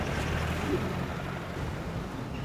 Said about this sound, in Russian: Машина уезжает.